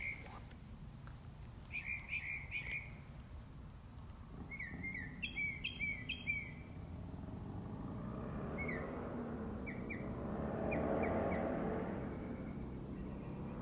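Mockingbird song: varied chirped and slurred phrases, some repeated in quick groups, then softer scattered notes, set against a steady high-pitched insect drone.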